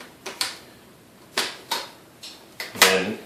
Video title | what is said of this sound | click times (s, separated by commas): Thay tháo sửa lắp màn hình Acer Aspire 4330 LCD screen replacement fix assembly guide | it just snaps into place so | 0.4 s, 1.4 s, 2.8 s